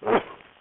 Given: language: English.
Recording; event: throat vibration sensor signal played as sound; cough